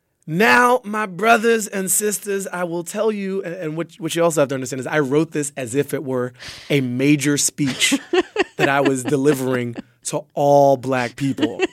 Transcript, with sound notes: Now, my brothers and sisters, I will tell you - and what you also have to understand I wrote this as if it were a major speech... (LAUGHTER) ...that I was delivering to all black people.